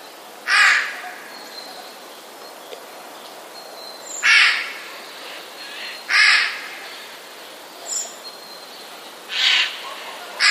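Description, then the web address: Eurasian jay giving harsh, rasping screeches spaced a few seconds apart, each a short noisy burst, over steady background hiss. Alarm call, recorded 5 March 2016. "ostrzegator sojka 05 03 2016"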